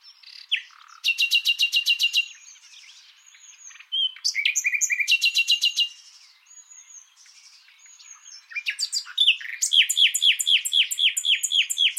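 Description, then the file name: Common nightingale song: loud bursts of rapid repeated notes alternating with soft whistles and short chirps, ending in a long series of sharp descending notes. "Luscinia megarhynchos"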